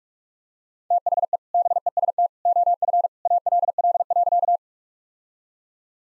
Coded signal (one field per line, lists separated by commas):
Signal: Morse code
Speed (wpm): 44 wpm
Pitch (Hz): 700 Hz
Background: none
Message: THE BEST OF ALL.